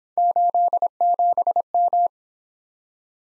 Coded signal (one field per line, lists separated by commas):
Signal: Morse code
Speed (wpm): 28 wpm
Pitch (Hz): 700 Hz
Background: none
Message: 87M